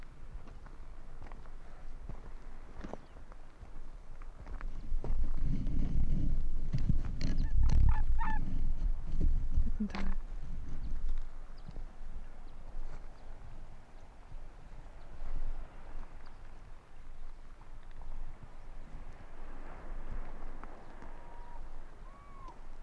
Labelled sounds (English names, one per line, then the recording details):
Arctic Fox
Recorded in the wild
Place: Insel Mednyi, Kommandeur-Inseln, RU
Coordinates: 54.5167, 168.083
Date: 1999-07-28 21:02
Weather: 13°C, Nebel, leichter Wind aus Nordwest
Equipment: Sony WM-D6C, Sennheiser ME 80, K 30 AV, Windkorb, Kopie Tascam DA 30
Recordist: Jakupi, Antje
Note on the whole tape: Südosten der Insel, Haupttal, weisse Stange: Wechselbellen eines Tieres aus dem Hüttental und Rüden grün/grün 68 auf dem Nordwestgrat. Zuvor zwei Bellstrophen von jedem Tier